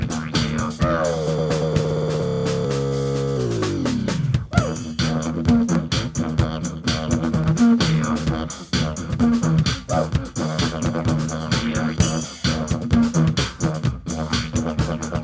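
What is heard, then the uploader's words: A drum jam in the woods starts with a sustained, droning tone that slides steadily down in pitch and fades out around four seconds in. Then a dense, fast, regular drum pattern kicks in and keeps going, with sharp hits and a steady low pulse until the end. Drum jam in the woods.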